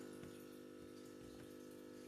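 A small plastic cover is being pressed by hand into a laptop case, where it fits in by pressure. A steady tonal hum runs throughout, with only faint soft handling bumps around 0.2 and 1.4 seconds. Nothing has seated or clicked yet.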